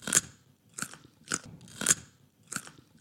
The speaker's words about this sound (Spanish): La ovejita se zampó la zanahoria tan rápido que le entró hipo.